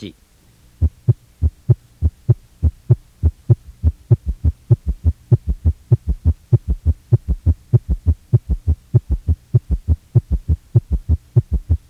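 Heart heard by stethoscope at the cardiac apex of an adult with arteriosclerotic heart disease and left heart failure. A summation gallop: with tachycardia, atrial contraction overlaps the rapid ventricular filling phase. It requires atrial contraction and heart disease.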